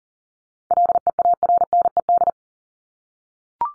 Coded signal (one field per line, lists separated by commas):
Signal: Morse code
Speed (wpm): 40 wpm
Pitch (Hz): 700 Hz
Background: none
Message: LEARNED